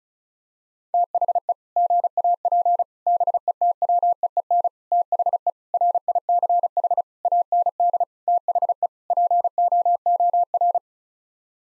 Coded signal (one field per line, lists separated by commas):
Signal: Morse code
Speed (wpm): 34 wpm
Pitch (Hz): 700 Hz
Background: none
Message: THE GAP BETWEEN THE RICH AND THE POOR